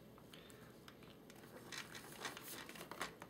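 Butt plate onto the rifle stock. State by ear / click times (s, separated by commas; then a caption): not seated / none. A metal butt plate is put back on and slid up into place on the stock of a CYMA CM.028 metal AK47 airsoft rifle. Soft crinkly handling and scraping build, with a few brief sharp ticks near the end. The clip ends just before the plate snaps home, so nothing has seated or clicked yet.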